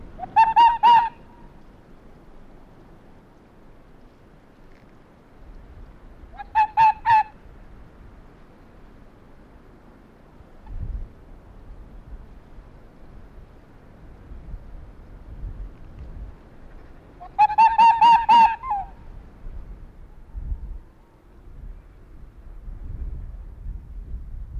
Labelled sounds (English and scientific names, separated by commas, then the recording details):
Arctic Fox (Vulpes lagopus)
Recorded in the wild
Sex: pair
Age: adult
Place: Insel Mednyi, Kommandeur-Inseln, RU
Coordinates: 54.5167, 168.083
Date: 1999-06-22 19:30
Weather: 4°C, Nebel
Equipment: Sony WM-D6C, Sennheiser ME 80, K 30 AV, Windkorb, Kopie Sony TCD-D8
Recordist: Jakupi, Antje
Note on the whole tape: Südosten der Insel, Hütten: Bellstrophe von Rüden grün/grün 68 auf dem Vorplatz von Hütte 1. Nach der fünften Bellstrophe bellen Rüde grün/grün und Fähe weiss/weiss 31 gemeinsam. Dann Winseln bei Annäherung. Entfernung zum Rüden 5 m, zur Fähe 10 m